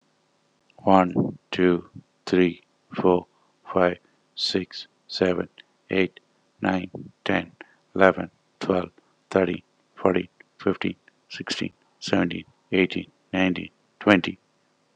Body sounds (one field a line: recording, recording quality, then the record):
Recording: counting at a normal pace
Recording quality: excellent, no background noise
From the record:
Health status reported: healthy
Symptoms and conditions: hypertension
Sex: male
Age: 49 years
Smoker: not ticked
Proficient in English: yes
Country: India